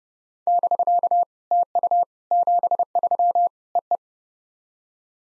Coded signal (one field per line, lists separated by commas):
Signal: Morse code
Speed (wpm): 30 wpm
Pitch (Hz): 700 Hz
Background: none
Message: <BK> TU 73 EE